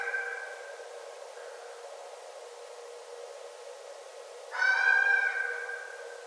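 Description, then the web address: Red fox: a faint trailing cry at the start, a pause, then one loud, drawn-out, harmonic cry near the end. Recorded on 9 December 2011. "Red Fox 2011 12 09"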